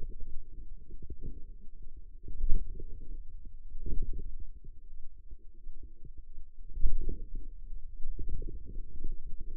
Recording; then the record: forearm muscle sounds (acoustic myography)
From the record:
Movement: radial deviation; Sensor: system 2, bracelet of six BSWA MPA416 microphones around the upper forearm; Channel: 5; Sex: female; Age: 21 years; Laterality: right